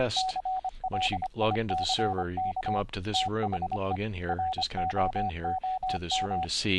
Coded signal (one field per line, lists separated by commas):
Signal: Morse code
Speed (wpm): 25 wpm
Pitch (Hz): 750 Hz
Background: speech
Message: CLICK THE ROOM